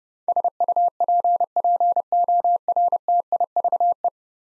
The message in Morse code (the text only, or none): SUPPORTIVE